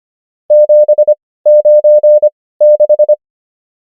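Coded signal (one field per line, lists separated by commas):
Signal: Morse code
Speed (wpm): 25 wpm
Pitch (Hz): 600 Hz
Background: none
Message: 7 9 6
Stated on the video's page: Morse code number practice, 25 wpm character speed with 17 wpm word speed (Farnsworth spacing).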